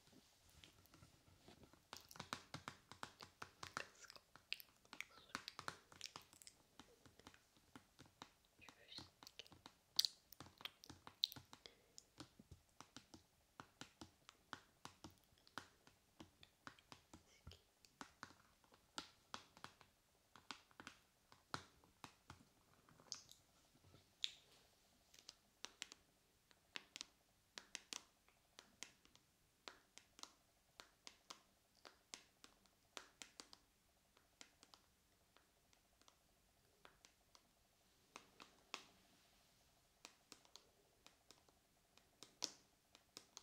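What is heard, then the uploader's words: Tapping and scratching sounds made up of dense, irregular clicks and ticks running through the whole stretch. The taps are bright and sharp, some louder than others, with busier, more crowded bursts in the first half and sparser, spaced-out taps later, over a faint low hum. ASMR Tapping and Scratching for Tingles.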